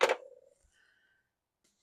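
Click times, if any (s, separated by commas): 0.0 s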